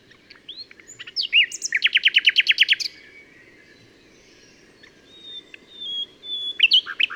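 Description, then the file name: Common nightingale song: mixed whistles lead into a loud, rapid run of buzzy repeated notes, a pause, then further high whistled and chirping phrases. "Luscinia megarhynchos"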